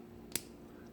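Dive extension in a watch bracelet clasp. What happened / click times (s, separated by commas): The clasp extension snapped open / 0.4 s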